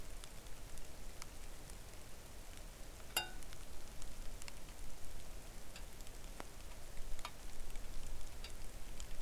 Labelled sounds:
wind
rain

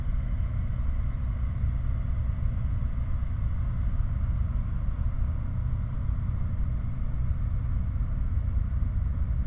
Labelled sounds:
machinery
flare stack

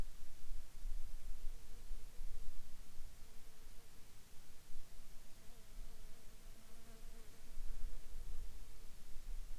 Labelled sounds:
insects

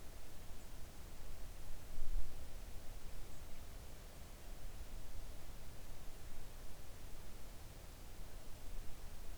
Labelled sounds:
songbird

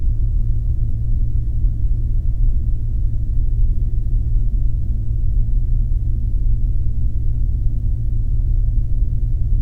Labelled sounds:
machinery
flare stack

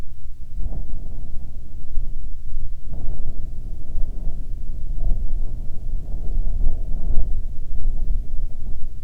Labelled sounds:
wind

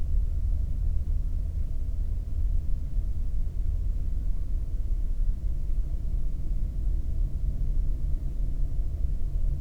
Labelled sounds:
man-made sound

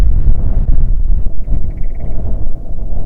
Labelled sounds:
waterfowl
grouse or ptarmigan
wind

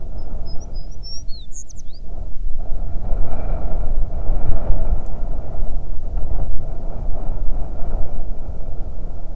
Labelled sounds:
songbird
wind

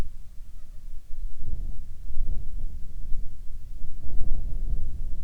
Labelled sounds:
wind

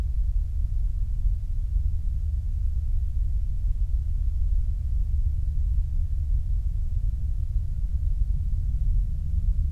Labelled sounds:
flare stack

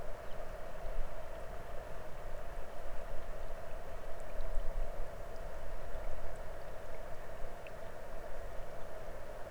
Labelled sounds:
songbird
water

